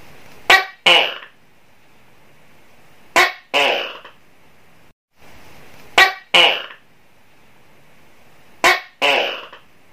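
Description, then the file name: Tokay gecko repeating its double call four times, a brief sharp note quickly followed by a longer rasping note, at regular intervals of about two and a half seconds. "suara tokek seram"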